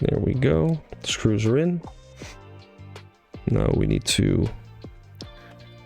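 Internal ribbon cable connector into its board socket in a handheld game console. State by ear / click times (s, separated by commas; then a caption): seated / 5.2 s. A small internal ribbon cable connector is pressed by finger into its board socket inside a Nintendo Switch handheld game console during a fan replacement. Someone talks over background music. The connector clicks in and seats at 5.2 s.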